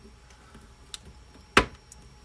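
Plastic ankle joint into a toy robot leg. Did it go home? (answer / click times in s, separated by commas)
no / none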